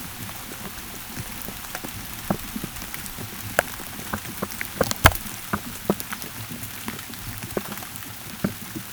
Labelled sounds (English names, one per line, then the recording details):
none
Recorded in pastures near Puerto Asís, Putumayo, Colombia, on 19 June 2025 at 15:30
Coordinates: 0.487, -76.322
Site H26